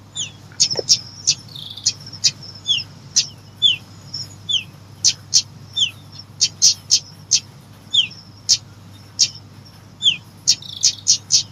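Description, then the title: Lovebird giving high, sharp chirps at uneven intervals, mixed with short falling squeaks, plus a faint low hum and a single click near the start. Used as a lure to attract lovebirds. "PIKAT BURUNG LOVEBIRD"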